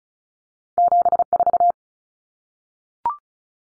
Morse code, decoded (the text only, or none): 74